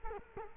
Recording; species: mosquito wingbeat signal from an infrared sensor; Culex quinquefasciatus